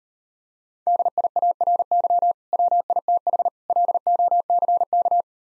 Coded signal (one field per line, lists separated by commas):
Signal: Morse code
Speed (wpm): 38 wpm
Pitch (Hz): 700 Hz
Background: none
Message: DIARY WITH LOCK